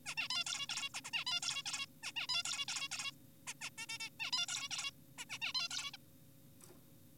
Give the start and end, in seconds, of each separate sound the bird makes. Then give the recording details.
0.06-0.15, 0.17-0.28, 0.30-0.44, 0.47-0.67, 0.69-0.89, 0.94-1.01, 1.05-1.11, 1.14-1.24, 1.27-1.40, 1.43-1.63, 1.66-1.86, 2.03-2.12, 2.16-2.27, 2.29-2.43, 2.45-2.65, 2.68-2.88, 2.92-3.12, 3.47-3.54, 3.62-3.70, 3.78-3.86, 3.89-3.98, 4.00-4.09, 4.20-4.31, 4.33-4.46, 4.49-4.69, 4.71-4.91, 5.18-5.25, 5.30-5.38, 5.42-5.52, 5.55-5.68, 5.71-5.91, 5.93-5.97. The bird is an adult. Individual g4p5U